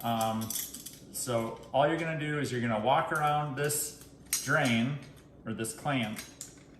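Someone talks while the garbage disposal mounting clamp ring is handled on the sink drain flange, ready to be turned around the drain until it clicks into place. Nothing has seated or clicked yet.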